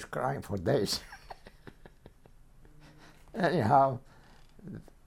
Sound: chuckles

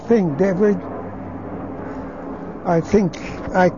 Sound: an airplane flies overhead

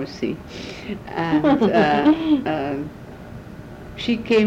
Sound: chuckle

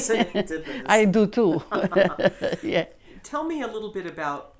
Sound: they laugh

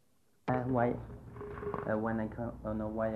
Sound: phone rings in background, break in tape

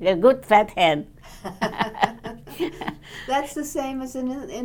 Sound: laughs

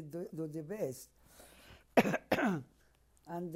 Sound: coughs

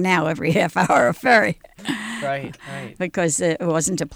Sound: she laughs

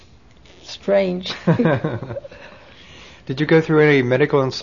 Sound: they laugh

